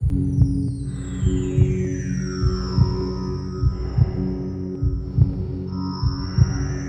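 Slow, regular paired thumps, about 50 a minute, under a steady low hum and gliding bell tones: a heartbeat as heard inside the womb, used as a soothing sound.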